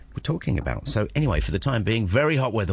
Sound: news, weather and station break